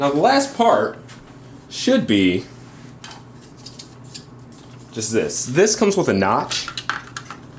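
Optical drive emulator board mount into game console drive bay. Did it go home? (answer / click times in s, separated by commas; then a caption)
no / none. Someone talks while handling the optical drive emulator board assembly, with its notched plastic mount, at the drive bay of a Dreamcast console. Faint taps and a few sharp, quick handling clicks are heard near the end. Nothing has seated or clicked into place yet.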